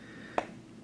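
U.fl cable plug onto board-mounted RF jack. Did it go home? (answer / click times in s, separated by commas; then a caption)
yes / 0.4 s. A U.fl coax cable plug, aligned by feel, is pressed gently onto a board-mounted RF jack with little force. A single sharp click sounds at 0.4 s over quiet background noise, and the connector is seated.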